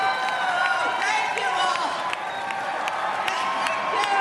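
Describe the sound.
Loud, deafening, sustained applause from a large crowd greeting Hillary Clinton after Bill Clinton introduced her, dense clapping mixed with cheers and shouting voices, holding steady and unbroken throughout.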